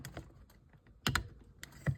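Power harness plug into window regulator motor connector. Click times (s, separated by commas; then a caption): 1.1 s, 1.2 s. During rear power window regulator replacement on a 2001 Pontiac Grand Am, the power harness plug is pushed into the window regulator motor's electrical connector. Faint ticks near 0.1 and 0.2 s lead to a loud, sharp double snap at 1.1 and 1.2 s as the plug seats, followed by softer clicks around 1.6 and 1.9 s. The connector is seated.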